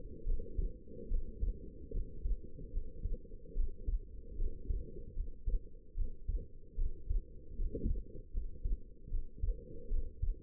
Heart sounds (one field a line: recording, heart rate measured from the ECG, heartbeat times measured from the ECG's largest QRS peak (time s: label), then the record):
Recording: heart sounds by stethoscope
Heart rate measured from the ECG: 75 bpm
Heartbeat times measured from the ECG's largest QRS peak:
0.24 s: heartbeat
1.09 s: heartbeat
1.92 s: heartbeat
2.71 s: heartbeat
3.54 s: heartbeat
4.36 s: heartbeat
5.14 s: heartbeat
5.95 s: heartbeat
6.76 s: heartbeat
7.57 s: heartbeat
8.32 s: heartbeat
9.09 s: heartbeat
9.89 s: heartbeat
From the record:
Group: healthy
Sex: female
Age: 19 years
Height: 163 cm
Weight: 51 kg